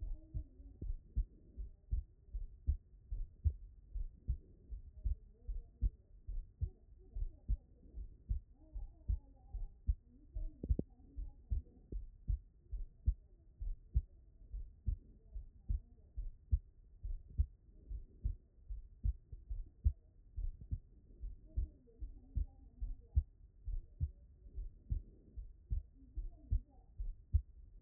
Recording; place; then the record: heart sounds by stethoscope; pulmonary valve (PV)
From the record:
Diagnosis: non-HFrEF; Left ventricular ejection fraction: 60%